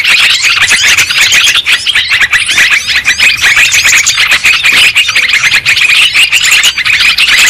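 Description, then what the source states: Lovebird chattering: a dense, continuous flock of shrill, high chirps and squeaks overlapping without pause. Lure sound for trapping lovebirds.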